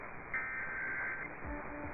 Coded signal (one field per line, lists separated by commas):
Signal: Emergency Alert System (SAME) tones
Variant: header bursts